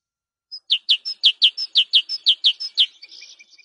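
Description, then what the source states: Great tit song, a quick run of repeated see-saw phrases, sharp and evenly paced, ending in a soft twittering tail. Songbird training recording (Indonesian 'suara masteran').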